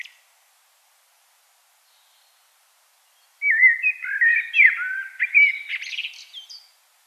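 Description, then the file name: Common blackbird song: silence, then one leisurely phrase of rounded, flute-like notes that runs into a rapid, strained high twitter. "Turdus merula"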